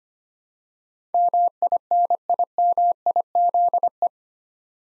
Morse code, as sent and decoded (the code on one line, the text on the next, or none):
-- .. -. .. -- .. --.. .
MINIMIZE